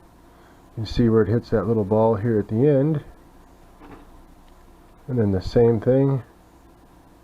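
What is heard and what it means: Someone talks while handling the sliding top-fill cap of a vape tank, which is held by a small spring-loaded detent ball. Speech runs from about 0.8 to 3.0 seconds and again from 5.1 to 6.2 seconds, with a quiet stretch between. The clip ends before the cap is pushed past the ball, so nothing has seated or clicked yet.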